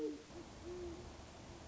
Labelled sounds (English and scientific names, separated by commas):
Great Horned Owl (Bubo virginianus)